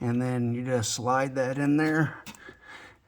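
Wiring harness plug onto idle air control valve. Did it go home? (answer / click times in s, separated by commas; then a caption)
no / none. A wiring harness plug is slid onto the new idle air control valve of a 1987–95 Chevy 5.7 TBI (throttle body injection) engine while someone talks. The only other sound is a faint tap at about 2.4 s. Nothing has clicked yet, because the water-resistant plug has a rubber gasket, so the connector slides on without the expected click over its tab.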